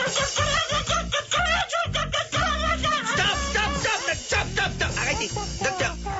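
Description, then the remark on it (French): A hen clucks and squawks frantically in rapid, agitated bursts over a steady rhythmic churning while being whisked in a bowl with crêpe batter mixture, loud and continuous for several seconds. “je suis pas sûr qu'il faille mélanger une poule avec toute cette mixture afin d'obtenir une pâte à crêpes digne de ce nom.”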